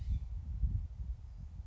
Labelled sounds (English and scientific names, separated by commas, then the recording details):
California Scrub-Jay (Aphelocoma californica)
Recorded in Sonoma County, California